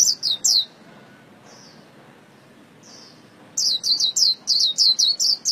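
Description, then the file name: White-eye song: a short run of high chirps, a quiet gap with two faint slurred notes, then a quick, dense series of sharp high descending notes. Vietnamese song style called khuyên líu. "tieng khuyen liu"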